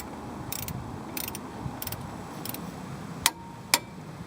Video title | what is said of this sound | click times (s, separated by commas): Front Brake Pad and Rotor Replacement | and you just want to hear a click do it one more time | 3.3 s, 3.7 s